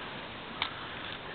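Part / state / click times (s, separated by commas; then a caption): plastic limb part into the body of a transforming toy figure / seated / 0.6 s. A plastic limb part is re-fitted into the body of a Transformers Dark of the Moon Megatron transforming robot action figure after a failed first try. Over a steady low background, a single sharp snap sounds at 0.6 s as the part seats into place.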